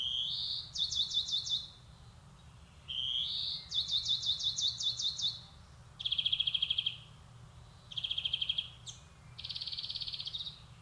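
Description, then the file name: European greenfinch song mixing rising wheezes, jangling twitters and level trills, with short pauses between phrases. "Chloris chloris"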